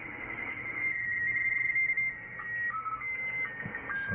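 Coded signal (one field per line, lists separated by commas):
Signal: SSTV (slow-scan television)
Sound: warbling whistle-like tone flicking between two pitches, then short lower tones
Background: radio static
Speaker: television being sent out I've actually configured now SS mmsstv it controls my radio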